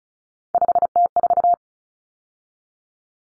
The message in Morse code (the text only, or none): 5T4